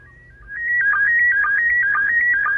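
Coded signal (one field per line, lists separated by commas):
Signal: SSTV (slow-scan television)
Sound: warbling whistle-like tone stepping between two pitches, with short low blips about twice a second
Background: low hum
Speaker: hopefully we're gonna have a real good signal for the restart of the slow scan TV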